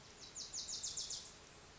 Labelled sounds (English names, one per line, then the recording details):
Wilson's Warbler
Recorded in Sonoma County, California